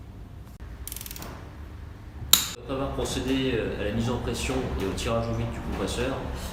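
A torque wrench set to 75 N·m tightens the flange bolts on an open refrigeration compressor during replacement of its shaft seal. A quick run of ratcheting clicks near 0.9–1.1 s is followed by a sharp, loud click at 2.3 s as the wrench releases at its setting. Someone then talks.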